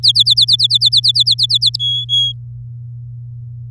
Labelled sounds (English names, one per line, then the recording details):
Domestic Canary song
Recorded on 9 May 2018 at 11:58
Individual llb16